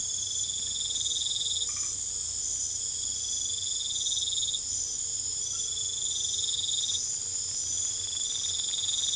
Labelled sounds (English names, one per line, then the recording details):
none
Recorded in pastures near Puerto Asís, Putumayo, Colombia, on 21 December 2024 at 20:30
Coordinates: 0.487, -76.322
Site GP09